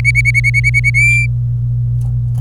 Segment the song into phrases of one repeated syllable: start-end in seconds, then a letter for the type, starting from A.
0.00-0.90 A, 0.94-1.26 B